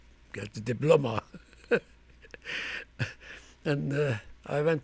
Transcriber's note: he laughs